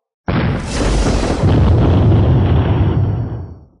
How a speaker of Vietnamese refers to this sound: Liên tiếp tiếng nổ mạnh vang lên, nguyên bản cái màn sáng ngôi sao bình tĩnh lại lần nữa rung động không thôi, tán phát ra trận trận tinh mang chói mắt.